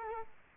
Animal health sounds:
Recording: mosquito wingbeat signal from an infrared sensor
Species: Culex quinquefasciatus

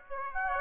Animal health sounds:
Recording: mosquito wingbeat signal from an infrared sensor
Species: Aedes aegypti

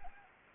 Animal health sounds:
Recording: mosquito wingbeat signal from an infrared sensor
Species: Anopheles gambiae

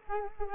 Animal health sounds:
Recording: mosquito wingbeat signal from an infrared sensor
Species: Culex quinquefasciatus

